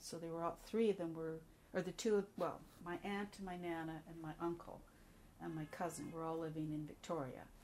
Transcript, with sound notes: So there were all --three of them were -- or the two of -- well my aunt, my nana, and my uncle, (car horn) and my cousin were all living in Victoria.